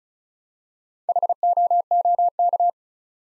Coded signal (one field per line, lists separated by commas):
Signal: Morse code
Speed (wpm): 36 wpm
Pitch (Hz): 700 Hz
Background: none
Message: HOOK